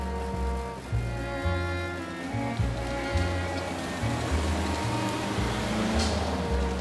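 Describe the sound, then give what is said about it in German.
A steady wash of busy main-street noise on Allenby Street in Tel Aviv: constant traffic rumble with droning, shifting engine tones and a faint hiss, continuous and fairly even in loudness, with no clear voices. “Ob Kapuzen- oder T-Shirt-Wetter, die Allenby-Straße in Tel Aviv klingt nicht viel anders als Hauptstraßen in Berlin, London oder New York.”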